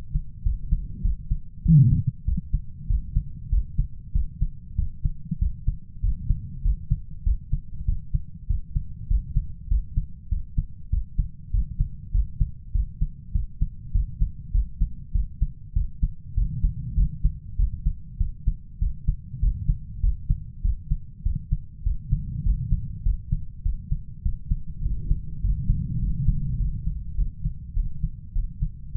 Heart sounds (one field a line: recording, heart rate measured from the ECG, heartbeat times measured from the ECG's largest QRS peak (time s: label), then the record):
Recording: heart sounds by stethoscope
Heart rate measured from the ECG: 99 bpm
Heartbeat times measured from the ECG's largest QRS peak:
0.46 s: heartbeat
1.05 s: heartbeat
1.65 s: heartbeat
2.28 s: heartbeat
2.90 s: heartbeat
3.52 s: heartbeat
4.15 s: heartbeat
4.78 s: heartbeat
5.41 s: heartbeat
6.04 s: heartbeat
6.65 s: heartbeat
7.26 s: heartbeat
7.88 s: heartbeat
8.50 s: heartbeat
9.10 s: heartbeat
9.71 s: heartbeat
10.31 s: heartbeat
10.92 s: heartbeat
11.54 s: heartbeat
12.14 s: heartbeat
12.75 s: heartbeat
13.35 s: heartbeat
13.95 s: heartbeat
14.54 s: heartbeat
15.15 s: heartbeat
15.76 s: heartbeat
16.37 s: heartbeat
16.98 s: heartbeat
17.59 s: heartbeat
18.20 s: heartbeat
18.81 s: heartbeat
19.43 s: heartbeat
20.03 s: heartbeat
20.64 s: heartbeat
21.25 s: heartbeat
21.86 s: heartbeat
22.46 s: heartbeat
23.05 s: heartbeat
23.65 s: heartbeat
24.25 s: heartbeat
24.85 s: heartbeat
25.44 s: heartbeat
26.02 s: heartbeat
26.60 s: heartbeat
27.18 s: heartbeat
27.76 s: heartbeat
28.35 s: heartbeat
28.95 s: heartbeat
From the record:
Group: healthy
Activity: cold pressor test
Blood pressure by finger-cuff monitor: 162/90 mmHg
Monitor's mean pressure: 108 mmHg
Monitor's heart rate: 99 bpm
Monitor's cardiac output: 7.8 L/min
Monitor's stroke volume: 78 mL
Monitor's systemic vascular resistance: 1040 dyn s/cm5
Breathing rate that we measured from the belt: 21 breaths a minute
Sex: male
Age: 21 years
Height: 175 cm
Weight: 72.6 kg